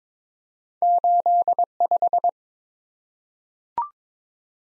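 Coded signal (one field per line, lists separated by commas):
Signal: Morse code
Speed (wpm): 22 wpm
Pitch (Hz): 700 Hz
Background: none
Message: 85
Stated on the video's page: Morse practice drill at 22 wpm: random two-character letter and number combinations for head copy, each sent, spoken, then sent again.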